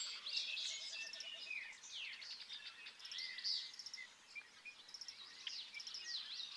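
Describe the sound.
Bobolink song, a rapid bubbling jumble of tinkling, metallic notes, running almost continuously.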